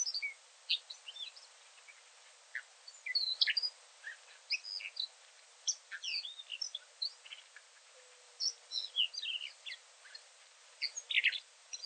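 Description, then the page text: Alashan redstart call and subsong: scattered high thin chirps and short twittering phrases, irregular bursts throughout with brief pauses, over faint background hiss. Recorded in the Helan Shan (Alashan) mountains on the Ningxia–Inner Mongolia border, China; call and subsong. "Alashan Redstart – Wild Beijing 北京自然"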